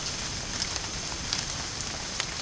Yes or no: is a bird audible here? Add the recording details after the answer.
no. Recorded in dense forest near Puerto Asís, Putumayo, Colombia, on 25 June 2025 at 14:00. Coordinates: 0.486, -76.317. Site G065